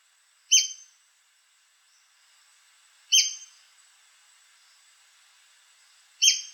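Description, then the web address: White-crested spadebill repeating a crisp, high, downslurred note three times, about every three seconds, with little else audible. "White crested spadebill. پرنده-بیلچه-نوک-کاکل-سفید"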